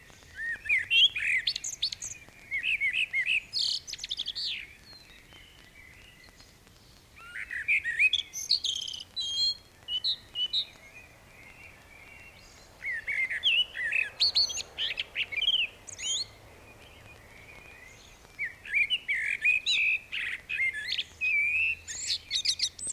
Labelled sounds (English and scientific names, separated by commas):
Common Blackbird (Turdus merula) song